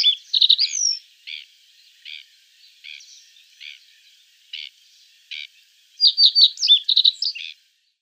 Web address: Schulze Peter Reed Bunting song